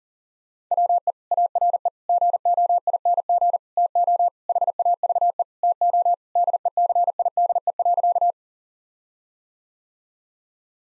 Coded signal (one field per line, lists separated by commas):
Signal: Morse code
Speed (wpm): 40 wpm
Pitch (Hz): 700 Hz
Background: none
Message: WE ARE GOING TO HAVE TO DECIDE.